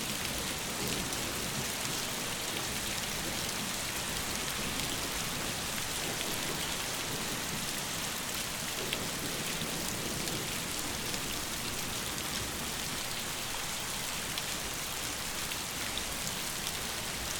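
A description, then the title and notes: Gentle evening rain falls steadily, a dense, even hiss of drops spread from low patter up into a bright, airy wash. The level stays constant throughout with no pauses or surges, and fine crackles of individual drops hitting a surface run through it. Organic Ambient Gentle Rain (Evening Rain Ambience).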